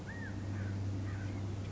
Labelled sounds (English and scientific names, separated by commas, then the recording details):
California Quail (Callipepla californica)
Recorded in Sonoma County, California